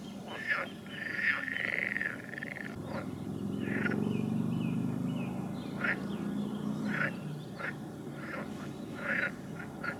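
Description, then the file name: Frog chorus with repeated short raspy croaks, while a low rumbling noise swells and fades in the middle. "Nature Recordings - Frogs"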